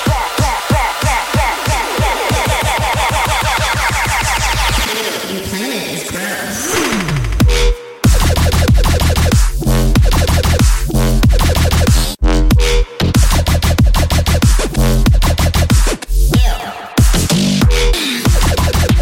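Robot noises: rapid pulsing electronic tones and sweeping warbles, then loud buzzing bursts with brief gaps, stuttering and glitching throughout.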